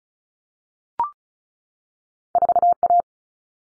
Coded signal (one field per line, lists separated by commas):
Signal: Morse code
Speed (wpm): 34 wpm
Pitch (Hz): 700 Hz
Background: none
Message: 4A